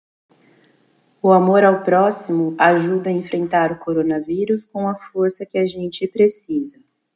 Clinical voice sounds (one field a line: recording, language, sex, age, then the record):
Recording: spoken sentence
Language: Brazilian Portuguese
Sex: female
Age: 30 to 39 years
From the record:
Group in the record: control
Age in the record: 36 years